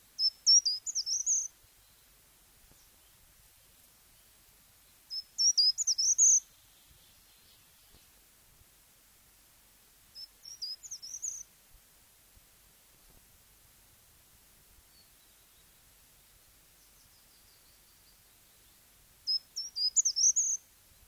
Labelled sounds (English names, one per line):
Short-toed Treecreeper